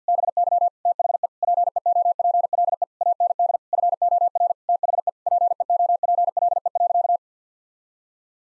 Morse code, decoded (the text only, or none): BY THE PEOPLE AND FOR THE PEOPLE.